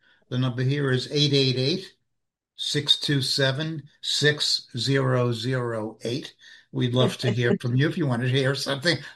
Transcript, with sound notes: The number here is 888-627-6008.
(laughs)
We'd love to hear from you if you wanted to hear something.